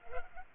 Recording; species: mosquito wingbeat signal from an infrared sensor; Culex pipiens